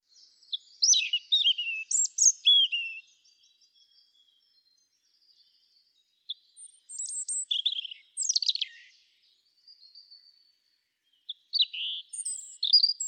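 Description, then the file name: European robin singing three separate phrases of high, thin, sliding notes and rapid warbles, with quiet pauses between them. "Erithacus rubecula"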